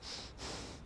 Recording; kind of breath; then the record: one breath in and out by a microphone near the nose and mouth; strong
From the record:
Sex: male